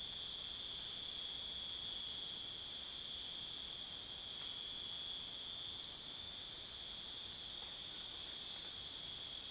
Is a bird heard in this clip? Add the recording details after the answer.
no. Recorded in dense forest near Puerto Asís, Putumayo, Colombia, on 22 June 2025 at 22:00. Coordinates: 0.484, -76.325. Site H65